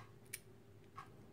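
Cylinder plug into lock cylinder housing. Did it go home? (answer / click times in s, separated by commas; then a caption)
yes / 0.3 s. During reassembly of a lock, after the follower has been pushed out with the core, a cylinder plug is turned in its metal lock cylinder housing until it locks in place. A sharp, bright click at 0.3 s marks the plug seating, followed by a softer, lower click near 1.0 s over a quiet background. The plug is seated and locked in place.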